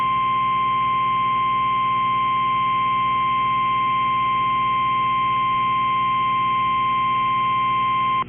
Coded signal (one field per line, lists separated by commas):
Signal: Emergency Alert System (SAME) tones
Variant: 1050 Hz attention tone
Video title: Tornado Watch #309 (5/20/25) [EAS #178]